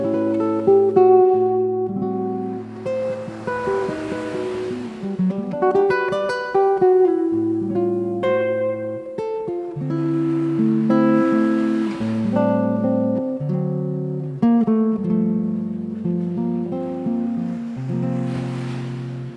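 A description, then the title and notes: A classical guitar improvises at an unhurried pace, mixing low bass notes with arpeggiated chords and ringing higher melody notes. A soft wash of waves swells in the background every few seconds, rising around 4, 12 and 18 seconds. Enjoy charm and freedom of beautiful islands with laid back improvisation on classical guitar to sound of waves.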